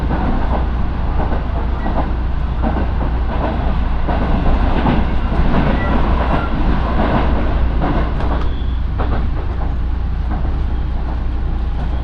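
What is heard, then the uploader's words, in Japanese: A local train on the Minobu Line rolls between Shibakawa and Minobu, with a steady low rumble and a constant deep hum underneath. Brief clicks and rattles from the wheels and carriage come through irregularly, and faint squeals appear around the middle and near eight seconds. 身延線普通 芝川→身延。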